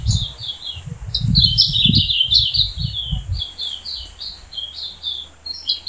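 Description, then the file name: Silvereye twittering: rapid high chirped notes run together in quick busy bursts, with low thumping or rumbling noise during the first half. Subspecies vegetus. "Zosterops Lateralis Vegetus"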